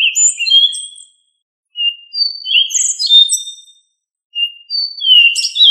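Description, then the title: Thrush song of flowing whistled phrases with rising and falling notes and trilled endings, pausing briefly between phrases. "Familia Turdidae - Sabia"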